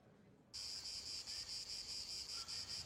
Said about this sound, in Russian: Есть деревушка у Жоно. Отличная кухня. Цикады поют.